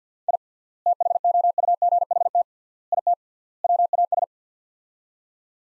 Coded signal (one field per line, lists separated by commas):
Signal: Morse code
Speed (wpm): 45 wpm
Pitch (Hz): 700 Hz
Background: none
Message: I THOUGHT IT WAS